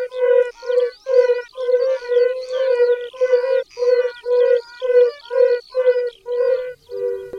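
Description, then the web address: Yellow-bellied toad giving short, soft, tonal notes at an even pace of roughly two per second, the last note slightly lower. "Tajemnice puszczy Kumak gorski"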